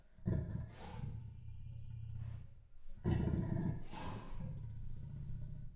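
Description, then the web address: Leopard with two heavy, hoarse grunts roughly three seconds apart, each a rasping intake and exhale with a lingering low rumble. Male leopard at Jászberény Zoo, 2016. "allathangok jaszberenyizoo 2016 leopard himallat"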